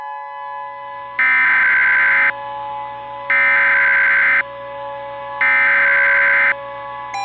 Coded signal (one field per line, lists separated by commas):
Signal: Emergency Alert System (SAME) tones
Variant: header bursts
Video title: EAS Mock: Tornado Emergency for Moore and South Oklahoma City